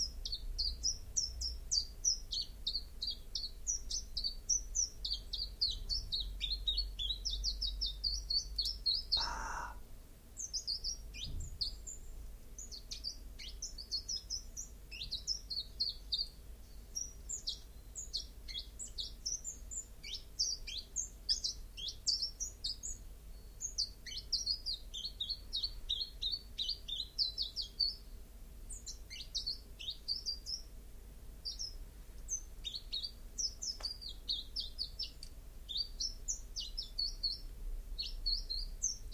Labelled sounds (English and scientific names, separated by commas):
Common Chiffchaff (Phylloscopus collybita) song